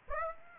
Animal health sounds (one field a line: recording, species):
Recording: mosquito wingbeat signal from an infrared sensor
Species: Aedes aegypti